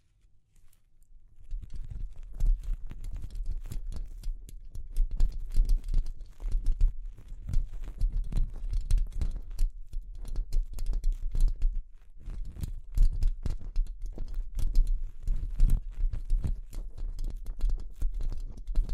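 Delicate tapping starts after a quiet first second and continues as a dense, irregular patter of small, quick clicks and taps. A soft low thump runs underneath, and the tapping briefly thins out around twelve seconds before resuming.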